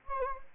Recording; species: mosquito wingbeat signal from an infrared sensor; Anopheles gambiae